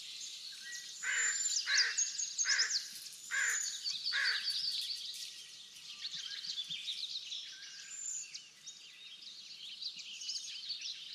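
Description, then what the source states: Birds singing in a dense chorus of high twitters and whistles, with a harsh, repeated call sounding five times near the start over a steady background hiss. Backyard.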